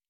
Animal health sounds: hydrophone in a shrimp aquaculture tank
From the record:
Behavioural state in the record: normal

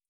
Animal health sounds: hydrophone in a shrimp aquaculture tank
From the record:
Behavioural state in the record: feeding

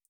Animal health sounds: hydrophone in a shrimp aquaculture tank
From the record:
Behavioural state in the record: feeding

